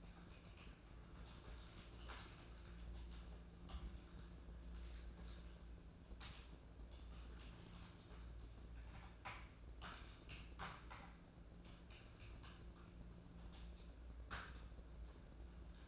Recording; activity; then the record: daily activity, microphone in the room; typing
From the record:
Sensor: 2